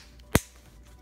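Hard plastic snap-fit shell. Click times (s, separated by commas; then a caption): 0.3 s. The top half of the hard plastic shell of an OtterBox Defender Series case in Glacier is pressed down onto the bottom half around an iPhone 6S. After a faint tick near 0.2 s, one sharp, bright click sounds at 0.4 s and quickly fades into low background noise. The shell halves snap together and seat.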